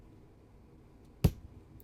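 A greased metal suspension ball end on a 1/28 scale RC car is pushed into its plastic socket with a driver. After a quiet stretch, a sharp, bright pop sounds at 1.2 s as the ball end seats in the socket, followed by a faint tick near the end.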